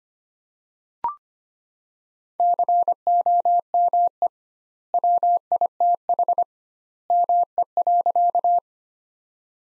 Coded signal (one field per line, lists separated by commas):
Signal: Morse code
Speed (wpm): 25 wpm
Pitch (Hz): 700 Hz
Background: none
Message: COME WITH ME.